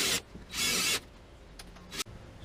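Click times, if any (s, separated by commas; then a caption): 1.6 s. A cleaned and lubricated bearing on a Jeep CJ5 suspension/brake part is pushed together by hand into its housing. After bursts of rubbing, a short sharp pop at 1.6 s marks the bearing seating, followed by another brief rubbing burst near 2.0 s. The bearing is seated in place with a light push.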